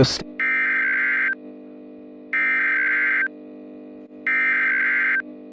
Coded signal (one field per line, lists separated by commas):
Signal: Emergency Alert System (SAME) tones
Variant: header bursts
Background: speech